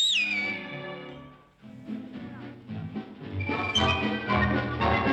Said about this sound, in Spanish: «Siempre que me necesites, dame un silbidito». Y como Pinocho no sabía silbar, yo le enseñé cómo hacerlo.